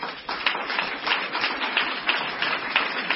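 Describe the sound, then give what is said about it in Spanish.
An audience applauds steadily, many hands clapping together in a dense, crackling wash that holds at an even, moderate loudness throughout, with no voices rising above it. “Este aplauso para él, porque seguramente nos estará viendo.”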